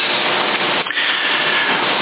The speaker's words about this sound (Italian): Le ventole. Sì, il vento dell'alimentatore si sente, maledette.